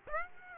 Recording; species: mosquito wingbeat signal from an infrared sensor; Aedes aegypti